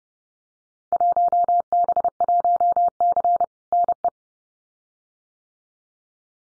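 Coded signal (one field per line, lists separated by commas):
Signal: Morse code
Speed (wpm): 30 wpm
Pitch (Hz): 700 Hz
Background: none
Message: 1B1C NE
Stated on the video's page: Computer-generated Field Day contest exchange copying drill at 30 wpm, exchanges randomly selected, each sent twice with spoken answer between.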